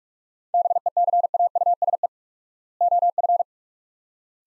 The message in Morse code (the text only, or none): BECAUSE OF